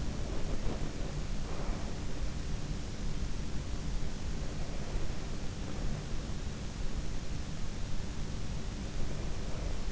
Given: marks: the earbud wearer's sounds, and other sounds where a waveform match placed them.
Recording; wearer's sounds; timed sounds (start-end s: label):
sounds in sleep by an in-ear microphone; body movement
0.00-2.32 s: body movement